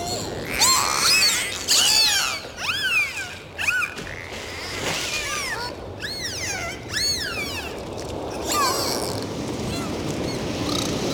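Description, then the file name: Dolphin whistles: repeated arching up-and-down sweeps with strong harmonics, coming in bursts over a constant background hiss. "delfiny - golosa"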